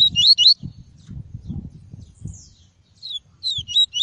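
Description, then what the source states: Double-collared seedeater song: quick paired high twittering notes at the start and end, with low rumbling noise in between. "Tui-tui" song variety.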